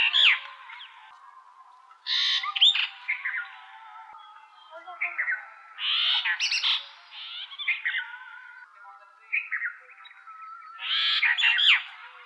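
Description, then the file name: Brahminy starling singing a rambling series of scratchy, chattering phrases mixed with short whistled slurs, coming in bursts every second or two. "jalak brahmini"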